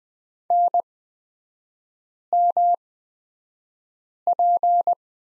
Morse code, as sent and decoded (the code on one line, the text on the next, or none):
-. -- .--.
NMP